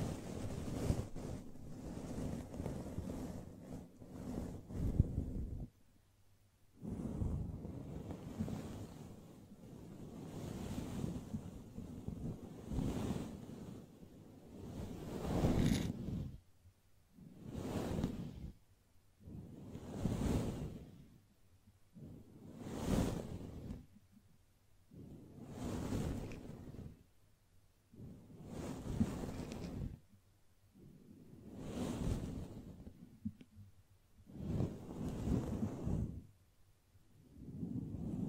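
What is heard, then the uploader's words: Soft brushing strokes make a rushing, breathy sound. For the first fifteen seconds they run together almost continuously, then settle into separate, even sweeps about every two and a half seconds, each swelling and fading with brief quiet between. ASMR Gently Brushing Your Brain (No Talking).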